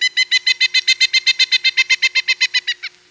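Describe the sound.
Pileated Woodpecker calling a rapid run of loud, evenly spaced notes, ending on a lower note; a soft constant hum sits underneath.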